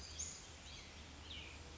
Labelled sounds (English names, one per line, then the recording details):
Cassin's Vireo
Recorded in Sonoma County, California